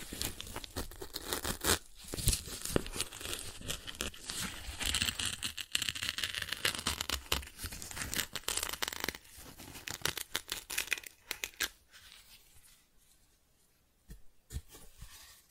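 Cardboard being scratched and scraped in dense, rough bursts that thin out after twelve seconds into sparse scrapes with a sharp rip near fourteen.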